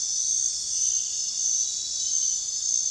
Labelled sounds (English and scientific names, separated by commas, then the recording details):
none
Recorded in dense forest near Puerto Asís, Putumayo, Colombia, on 23 June 2025 at 23:30
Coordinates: 0.466, -76.327
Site GP04